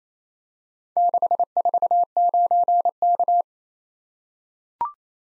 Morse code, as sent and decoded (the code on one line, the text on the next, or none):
-.... ....- ----. -.-
649K